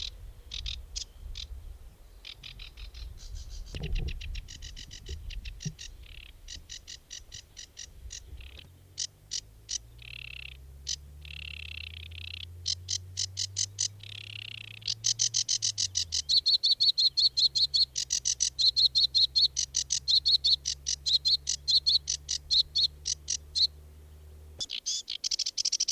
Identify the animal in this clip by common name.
Sedge Warbler